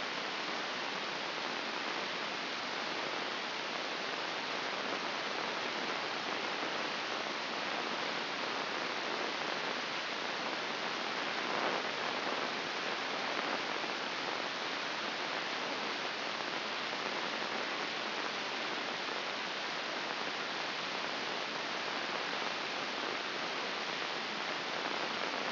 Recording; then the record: brain microelectrode recording played as sound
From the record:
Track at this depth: inside the subthalamic nucleus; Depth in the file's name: 3.029 mm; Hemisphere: left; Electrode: 2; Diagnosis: Parkinson's disease